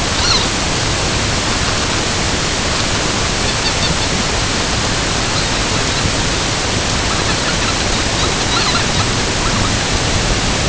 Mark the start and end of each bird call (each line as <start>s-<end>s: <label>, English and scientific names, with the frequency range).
0.15s-0.47s: Herring Gull (Larus argentatus) (0.7-6.6 kHz)
3.31s-4.15s: Herring Gull (Larus argentatus) (2.2-5.8 kHz)
5.15s-6.15s: Herring Gull (Larus argentatus) (3.2-5.2 kHz)
6.97s-9.75s: Herring Gull (Larus argentatus) (0.8-5.0 kHz)